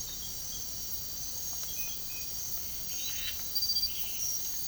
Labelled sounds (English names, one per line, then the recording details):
none
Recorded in secondary vegetation near Puerto Asís, Putumayo, Colombia, on 24 March 2025 at 03:00
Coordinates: 0.489, -76.322
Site G042